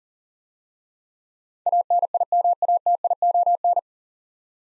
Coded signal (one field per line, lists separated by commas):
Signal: Morse code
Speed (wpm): 37 wpm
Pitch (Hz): 700 Hz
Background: none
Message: ANIMATION